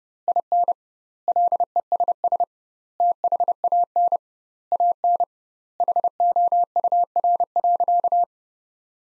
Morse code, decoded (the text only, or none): IN LESS THAN AN HOUR.